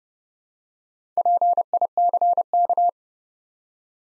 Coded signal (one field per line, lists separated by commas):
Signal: Morse code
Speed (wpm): 30 wpm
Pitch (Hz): 700 Hz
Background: none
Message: PICK